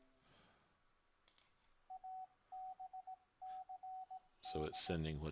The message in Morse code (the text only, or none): ABCD